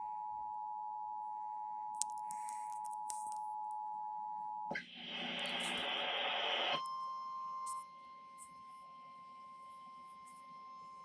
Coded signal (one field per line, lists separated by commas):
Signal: Emergency Alert System (SAME) tones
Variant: 853 and 960 Hz attention tone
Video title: Severe Thunderstorm Warning EAS#145